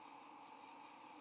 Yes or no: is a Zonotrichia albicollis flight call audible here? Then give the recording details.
yes. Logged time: 06:24 on 8 November 2014